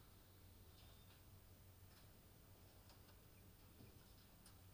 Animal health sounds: poultry house recording; healthy chickens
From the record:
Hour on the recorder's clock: 23

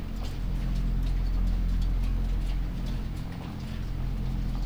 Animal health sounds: poultry house recording; sick chickens (respiratory disease)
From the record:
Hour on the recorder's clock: 23

